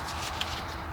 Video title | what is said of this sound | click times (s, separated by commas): Evinrude Throttle Linkage Replacement - Yamaha Oil Change | make sure that dipstick clicks into place | 0.4 s